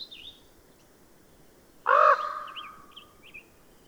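Bird producing a single loud rasping caw midway, surrounded by soft, thin whistled chirps from smaller birds.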